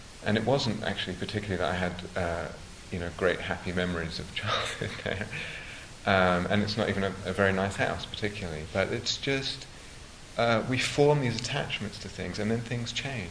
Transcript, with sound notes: And it wasn't particularly that I had great, happy memories of childhood there. [laughs] And it's not even a very nice house, particularly. But it's just, we form these attachments to things, and then things change.